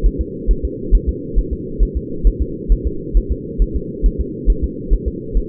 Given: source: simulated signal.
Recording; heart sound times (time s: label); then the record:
fetal heart sounds
0.06 s: S1
0.21 s: S2
0.51 s: S1
0.65 s: S2
0.95 s: S1
1.09 s: S2
1.39 s: S1
1.53 s: S2
1.83 s: S1
1.97 s: S2
2.27 s: S1
2.42 s: S2
2.72 s: S1
2.87 s: S2
3.17 s: S1
3.32 s: S2
3.62 s: S1
3.76 s: S2
4.06 s: S1
4.20 s: S2
4.50 s: S1
4.64 s: S2
4.94 s: S1
5.08 s: S2
5.37 s: S1
From the record:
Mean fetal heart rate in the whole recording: 135 bpm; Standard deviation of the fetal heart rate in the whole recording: 3 bpm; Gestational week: 36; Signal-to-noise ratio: -4.3 dB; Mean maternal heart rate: 72 bpm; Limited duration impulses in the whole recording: absent